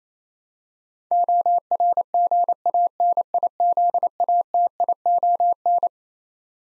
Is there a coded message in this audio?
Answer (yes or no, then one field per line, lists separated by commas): yes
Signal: Morse code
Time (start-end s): 1.1-5.9 s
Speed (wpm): 28 wpm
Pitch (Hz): 700 Hz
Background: none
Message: ORGANIZATION